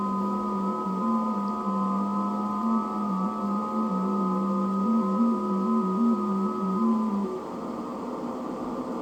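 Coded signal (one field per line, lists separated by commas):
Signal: FT8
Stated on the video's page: FT8 operation on a FTdx3000 transceiver.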